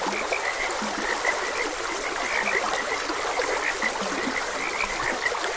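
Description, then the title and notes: Frogs croak in quick high notes with occasional low grunting calls, all over the even rush of a stream. Frogs croaking beside a gentle stream. "Gentle Stream and Frogs Croaking. Sleep and Relaxation Podcast"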